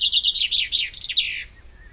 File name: Fringilla coelebs